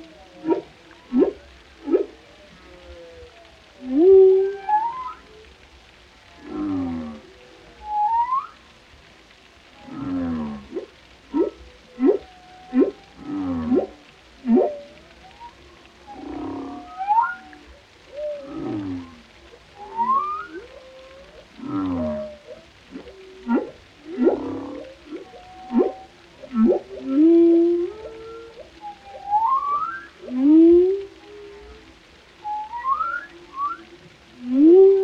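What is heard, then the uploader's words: Whale song fills the water with rising whistles, low groans and pulsing calls, repeating every few seconds against a faint low rumble. Captivating Whale Sounds. This hour-long compilation showcases a diverse range of whale vocalizations, including haunting moans, resonant calls, and harmonious melodies. The hauntingly beautiful songs of whales.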